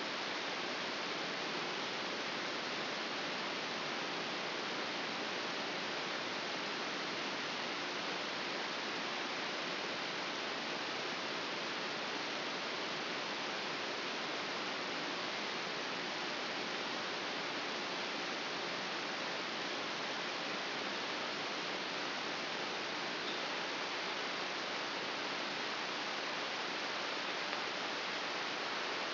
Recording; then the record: brain microelectrode recording played as sound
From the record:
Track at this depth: outside the subthalamic nucleus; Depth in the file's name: 6.001 mm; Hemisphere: right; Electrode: 3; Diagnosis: Parkinson's disease